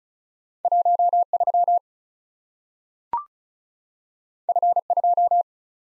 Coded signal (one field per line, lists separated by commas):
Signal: Morse code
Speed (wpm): 36 wpm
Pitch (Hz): 700 Hz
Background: none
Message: 13 F2